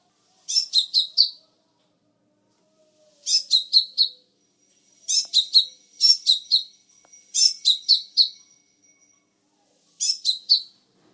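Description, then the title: Sunbird song: several bursts of quick trills of three or four high notes, with a faint thin whine between some phrases. Chirping song. "kicau kolibri"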